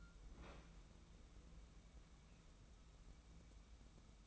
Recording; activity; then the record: daily activity, microphone in the room; open fridge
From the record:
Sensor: 1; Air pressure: 994.5 hPa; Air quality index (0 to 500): 221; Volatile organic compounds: 1000 ppm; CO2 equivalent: 7934 ppm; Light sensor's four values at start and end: 148/340/152/169 and 147/339/152/169